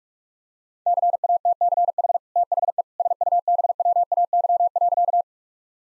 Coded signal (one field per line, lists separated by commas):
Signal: Morse code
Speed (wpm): 41 wpm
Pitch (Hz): 700 Hz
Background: none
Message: CATCH THE SUBWAY.